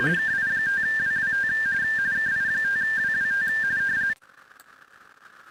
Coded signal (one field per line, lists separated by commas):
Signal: RTTY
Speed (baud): 45.45 baud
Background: speech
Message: KI5WWT KI5WWT